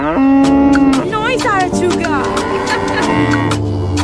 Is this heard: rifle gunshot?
no